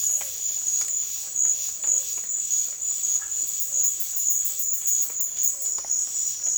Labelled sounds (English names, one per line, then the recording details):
none
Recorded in dense forest near Puerto Asís, Putumayo, Colombia, on 18 February 2024 at 14:30
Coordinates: 0.502, -76.326
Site G6460